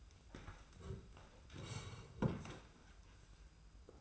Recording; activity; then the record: daily activity, microphone in the room; sit down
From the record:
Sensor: 2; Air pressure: 990.4 hPa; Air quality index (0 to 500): 183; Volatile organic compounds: 1000 ppm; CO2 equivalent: 5824 ppm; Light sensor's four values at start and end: 29/64/27/27 and 28/66/27/27